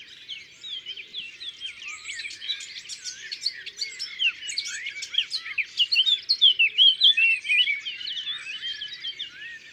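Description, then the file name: Eurasian blackcap song: dense, rapid warbling of twittering notes and short whistled slurs, continuous with no pauses, partly overlapping other birdsong. Recorded in the Drôme, France. "Fauvette a tete noire Concerts Naturels de la Drome Studio les Trois Becs"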